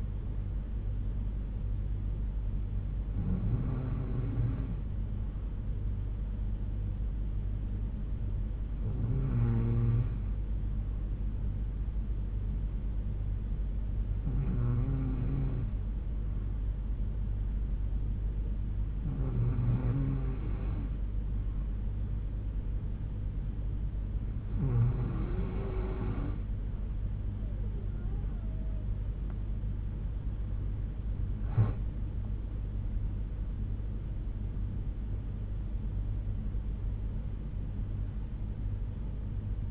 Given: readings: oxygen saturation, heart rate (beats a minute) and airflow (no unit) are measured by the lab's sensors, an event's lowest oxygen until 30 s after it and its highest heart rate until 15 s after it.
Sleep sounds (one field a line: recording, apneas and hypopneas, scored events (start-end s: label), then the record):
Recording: breathing in sleep by a smartphone at the bedside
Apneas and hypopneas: none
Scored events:
none scored
From the record:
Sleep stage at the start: N3 (deep sleep)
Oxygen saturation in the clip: 91 to 93%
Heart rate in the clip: 61 to 72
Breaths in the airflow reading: 7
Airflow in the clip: -7.4 to 5.2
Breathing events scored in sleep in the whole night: 368 in 8.0 hours asleep